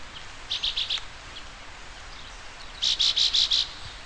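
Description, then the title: Bird song: a brief, high, rapid phrase of four pulsed notes, followed about two seconds later by a longer phrase of six similar notes, with soft hiss between. "LuckyPassaro Completos2Sama"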